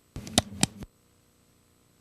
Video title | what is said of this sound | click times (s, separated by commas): Singer IZEK/Nintendo Gameboy Color Instructional Video | fitting the shank over the presser foot pin. The foot should snap into place. | 0.4 s